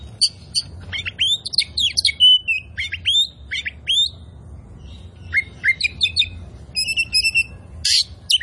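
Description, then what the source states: Oriental magpie-robin song of looping slurred whistles and buzzy notes, followed by short chattering phrases and a final harsh burst. Indonesian name kacer poci; described as gacor, meaning singing vigorously and often.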